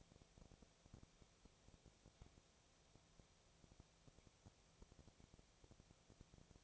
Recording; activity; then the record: daily activity, microphone in the room; no activity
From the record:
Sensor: 1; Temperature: 19.6 degrees Celsius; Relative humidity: 36.5%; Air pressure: 996.9 hPa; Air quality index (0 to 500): 204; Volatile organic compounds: 128 ppm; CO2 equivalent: 3916 ppm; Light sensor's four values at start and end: 1/2/1/1 and 1/2/1/1